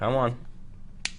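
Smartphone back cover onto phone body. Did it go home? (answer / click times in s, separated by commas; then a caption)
yes / 1.1 s. Someone talks briefly while pressing the plastic back cover of a BlackBerry Porsche Design P'9881 smartphone back onto the phone body after reinserting the memory card. A single sharp snap is heard at 1.1 s as the cover seats into place.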